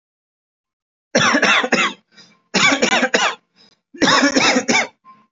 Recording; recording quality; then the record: shallow voluntary cough; excellent, no background noise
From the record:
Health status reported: healthy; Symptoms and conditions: none ticked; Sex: male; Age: 30 years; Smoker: not ticked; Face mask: not worn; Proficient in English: yes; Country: India